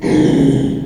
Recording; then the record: squeal of a Yucatan mini pig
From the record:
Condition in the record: after surgery on the right vocal fold (resection and tissue-engineered implant); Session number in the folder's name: 2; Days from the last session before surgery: 13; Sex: male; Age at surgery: 12 weeks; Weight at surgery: 13 kg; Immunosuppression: cyclosporine, prednisolone